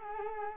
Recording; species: mosquito wingbeat signal from an infrared sensor; Culex quinquefasciatus